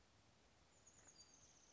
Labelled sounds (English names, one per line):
Chestnut-backed Chickadee